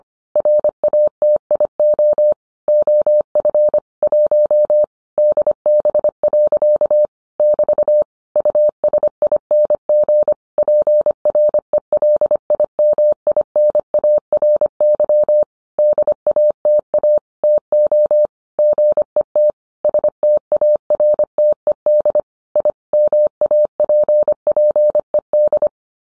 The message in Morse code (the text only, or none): RATIO OF 1 DB. <BT> USING PRELIMINARY DATA TO GET STARTED I MAPPED